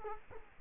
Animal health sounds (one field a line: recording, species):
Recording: mosquito wingbeat signal from an infrared sensor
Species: Culex quinquefasciatus